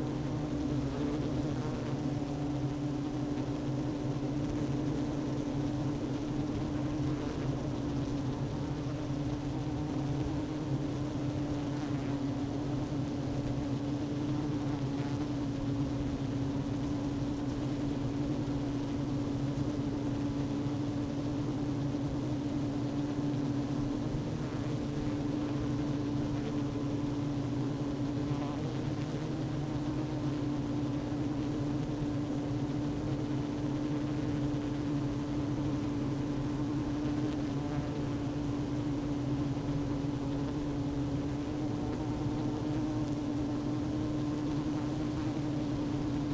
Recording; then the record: honeybee colony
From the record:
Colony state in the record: active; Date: 12 June 2018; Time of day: 11:34